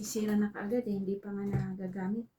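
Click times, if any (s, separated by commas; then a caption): none. A plastic attachment of a new cordless vacuum cleaner is handled and pushed onto the vacuum body during assembly while someone talks throughout. Nothing has seated or clicked into place yet.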